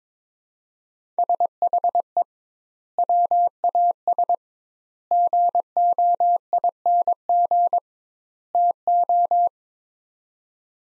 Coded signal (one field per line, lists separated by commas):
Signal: Morse code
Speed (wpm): 22 wpm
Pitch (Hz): 700 Hz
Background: none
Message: SHE WAS GOING TO